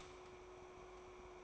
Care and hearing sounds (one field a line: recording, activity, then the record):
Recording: daily activity, microphone in the room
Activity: start toaster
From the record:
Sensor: 1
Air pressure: 1014.7 hPa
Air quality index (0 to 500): 202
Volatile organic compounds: 35 ppm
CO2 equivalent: 3052 ppm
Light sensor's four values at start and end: 3/8/3/3 and 3/8/3/3